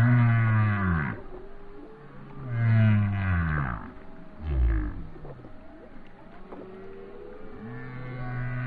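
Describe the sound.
Whale song: low moans and groans, some sliding downward, with fainter calls later on.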